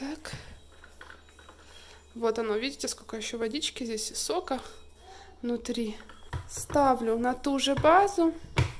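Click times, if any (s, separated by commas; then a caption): none. Someone talks while setting the plastic jug of a Philips Avent baby food steamer-blender back onto its motor base, ready to twist it on. A few faint light knocks occur around 0.8–1.4 s. Nothing has seated or clicked yet by the end of the clip.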